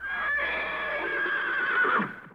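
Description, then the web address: Horse whinnying, one sustained, strained, high neigh of about two seconds that quavers and wavers toward the end before cutting off. "whinnys"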